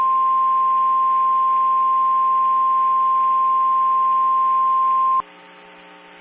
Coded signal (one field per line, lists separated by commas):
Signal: Emergency Alert System (SAME) tones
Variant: 1050 Hz attention tone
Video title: Merry Christmas! (EAS Scenario)